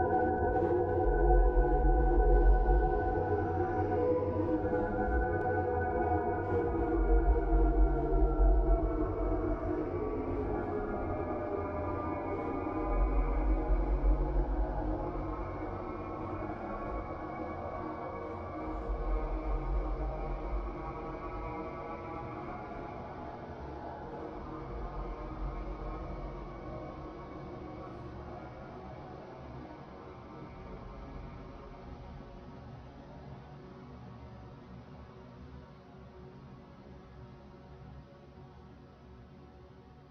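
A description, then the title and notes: Slowly evolving synth pads hold layered sustained tones with a soft low drone, a faint high shimmer, gradually fading quieter toward the end. Bodega Bay. Slowly evolving pads.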